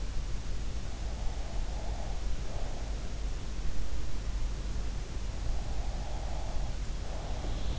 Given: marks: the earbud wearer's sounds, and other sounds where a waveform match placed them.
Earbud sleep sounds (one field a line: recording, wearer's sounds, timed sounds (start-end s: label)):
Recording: sounds in sleep by an in-ear microphone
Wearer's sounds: breath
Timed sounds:
0.98-3.10 s: breath
5.44-7.79 s: breath